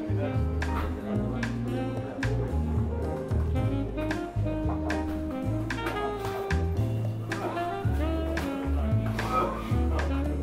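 Coffee shop ambience with steady background music: a deep bass line moves in blocks of sustained low notes throughout. Murmured voices sit in the middle, and brief bright clinks of cups or dishes ring out every second or two.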